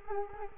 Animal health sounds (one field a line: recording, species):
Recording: mosquito wingbeat signal from an infrared sensor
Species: Culex quinquefasciatus